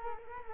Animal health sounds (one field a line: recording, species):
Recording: mosquito wingbeat signal from an infrared sensor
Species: Culex quinquefasciatus